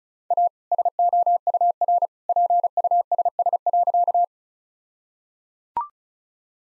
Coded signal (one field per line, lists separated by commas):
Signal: Morse code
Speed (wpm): 36 wpm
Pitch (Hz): 700 Hz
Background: none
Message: A SOUR PUSS.